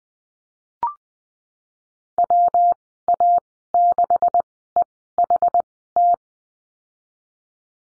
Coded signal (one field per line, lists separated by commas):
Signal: Morse code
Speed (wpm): 20 wpm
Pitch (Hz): 700 Hz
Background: none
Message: WA6EHT